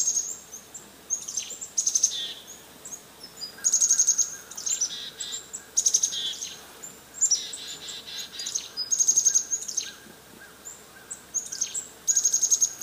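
Chickadees mobbing, clusters of thin high notes and scratchy buzzy calls in repeated bursts, over a faint background hiss.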